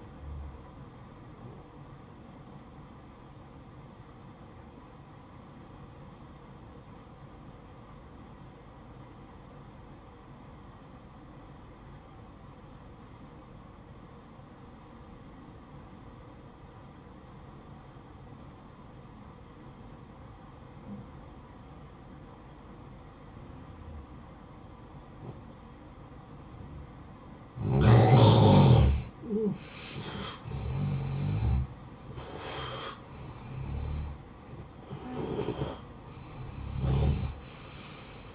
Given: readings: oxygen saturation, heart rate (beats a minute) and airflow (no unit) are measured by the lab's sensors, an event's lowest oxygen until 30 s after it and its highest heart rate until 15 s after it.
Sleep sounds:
breathing in sleep by a smartphone at the bedside; 1
4.00-29.30 s: obstructive apnea (N1, oxygen 94% highest, then 86% lowest, heart rate 57 at the start, 74 highest)
4.00-34.00 s: new sleep stage, N2 (light sleep)
34.00-38.35 s: new sleep stage, N1 (lightest sleep)
From the record:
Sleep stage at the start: N1 (lightest sleep); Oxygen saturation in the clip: 87 to 94%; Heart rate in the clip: 56 to 74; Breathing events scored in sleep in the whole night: 573 in 9.8 hours asleep

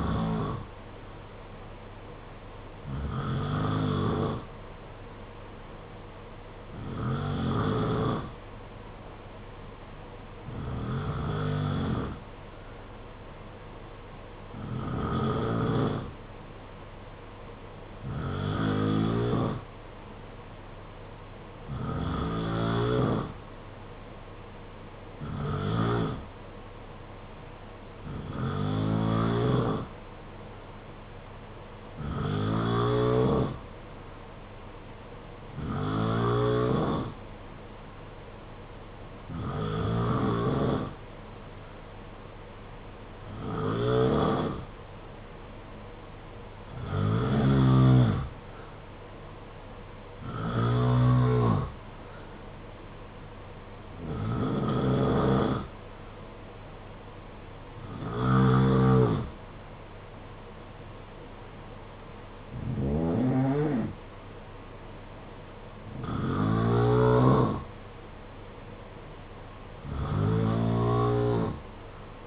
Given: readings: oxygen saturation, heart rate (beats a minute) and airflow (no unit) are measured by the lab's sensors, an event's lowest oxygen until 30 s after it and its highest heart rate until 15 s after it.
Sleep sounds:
breathing in sleep by a voice recorder at the bedside; none
none scored
From the record:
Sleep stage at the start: N2 (light sleep); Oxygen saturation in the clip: 88 to 93%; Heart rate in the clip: 51 to 65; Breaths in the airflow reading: 20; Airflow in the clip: -6.1 to 5.0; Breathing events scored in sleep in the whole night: 476 in 9.7 hours asleep

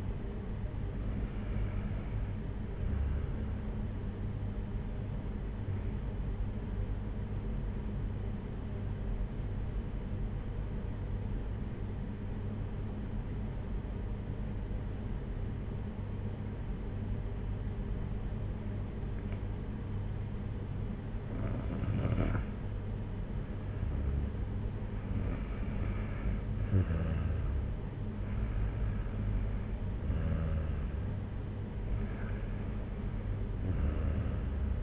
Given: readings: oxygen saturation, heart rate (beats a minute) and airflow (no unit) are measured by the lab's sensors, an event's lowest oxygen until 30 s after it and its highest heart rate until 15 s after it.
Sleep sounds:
breathing in sleep by a smartphone at the bedside; 1
7.00-23.00 s: hypopnea (N2, oxygen 95% highest, then 92% lowest, heart rate 60 at the start, 63 highest)
From the record:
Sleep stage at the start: N2 (light sleep); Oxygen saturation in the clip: 95 to 96%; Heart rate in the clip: 53 to 63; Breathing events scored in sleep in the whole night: 226 in 8.8 hours asleep

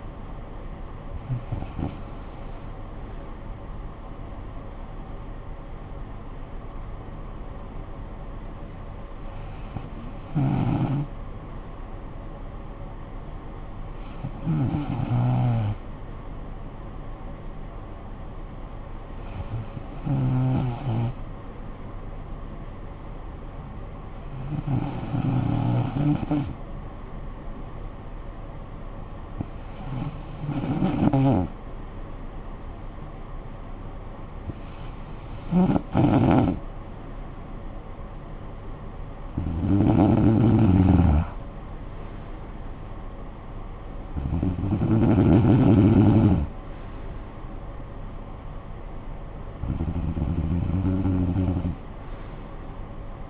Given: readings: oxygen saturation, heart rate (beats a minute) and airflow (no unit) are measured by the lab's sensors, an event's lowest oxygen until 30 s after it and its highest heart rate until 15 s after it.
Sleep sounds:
breathing in sleep by a smartphone at the bedside; 1
5.00-28.40 s: hypopnea (N2, oxygen 95% highest, then 92% lowest, heart rate 57 at the start, 58 highest)
40.00-53.30 s: new sleep stage, REM sleep
From the record:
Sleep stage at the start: N2 (light sleep); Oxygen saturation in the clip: 92 to 95%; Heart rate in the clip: 51 to 67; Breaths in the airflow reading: 10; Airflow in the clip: -12.3 to 9.3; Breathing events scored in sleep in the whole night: 445 in 7.6 hours asleep

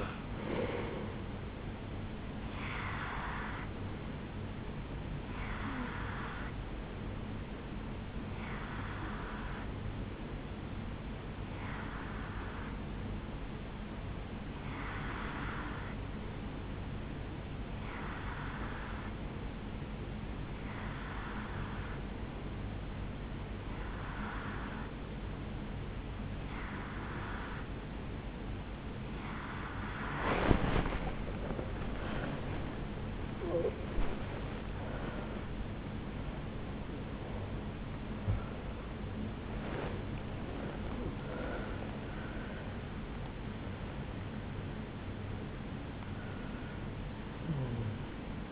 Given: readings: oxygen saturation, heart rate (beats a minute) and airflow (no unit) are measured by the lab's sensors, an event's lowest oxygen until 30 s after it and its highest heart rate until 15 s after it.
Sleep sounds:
a person awake in a sleep study, by a voice recorder at the bedside; 1
16.00-32.60 s: hypopnea (N1, oxygen 94% highest, then 93% lowest, heart rate 65 at the start, 80 highest)
23.00-48.52 s: new sleep stage, awake
26.00-48.52 s: awake
From the record:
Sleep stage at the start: N1 (lightest sleep); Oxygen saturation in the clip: 91 to 94%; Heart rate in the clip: 65 to 80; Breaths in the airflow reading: 16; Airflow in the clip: -9.3 to 8.5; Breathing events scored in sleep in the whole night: 449 in 7.0 hours asleep

